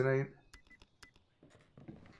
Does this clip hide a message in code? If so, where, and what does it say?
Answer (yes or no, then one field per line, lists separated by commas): no